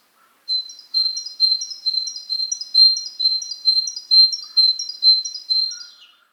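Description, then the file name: Great tit delivering an unbroken run of about a dozen high, two-note phrases, each a sharp upper note dropping to a lower tone. "Parus major"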